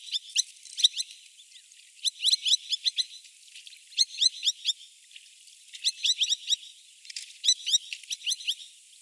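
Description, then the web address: Madagascar pratincole calls: bursts of sharp, high chipping notes in tight clusters, separated by short pauses. "Madagascar pratincole. صدای-پرنده-گلاریول-ماداگاسکار"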